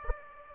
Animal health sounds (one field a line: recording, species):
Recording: mosquito wingbeat signal from an infrared sensor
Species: Aedes aegypti